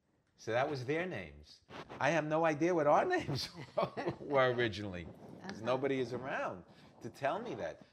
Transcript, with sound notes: So that was their names. I have no idea what our names were (both laugh) originally.
Uh-huh.
'Cause nobody's around to tell me that.